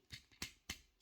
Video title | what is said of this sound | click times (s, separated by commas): Transformers X Jurassic Park Tyrannocon Rex & JP 93 | and they've got a nice satisfying click | 0.4 s, 0.7 s